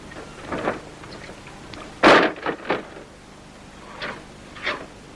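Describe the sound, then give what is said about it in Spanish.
A door shuts with one sharp, loud thud, followed by a couple of softer knocks as it settles, over a steady hiss. Fainter bumps come before and after it. “No cierras la puerta.”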